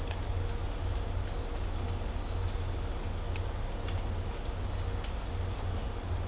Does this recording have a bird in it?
no